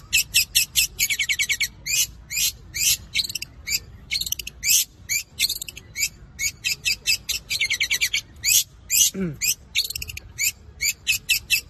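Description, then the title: Long-tailed shrike giving rapid, harsh, buzzy chattering bursts, two or three per second, some grouped into longer rattling runs, with one short low sweeping note near the end. Combination song style (kombinasi). "Cendet Kombinasi"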